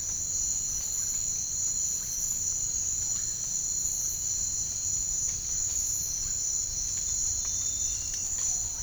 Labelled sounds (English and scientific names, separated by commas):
none